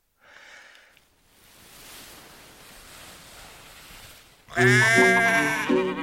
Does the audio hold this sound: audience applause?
no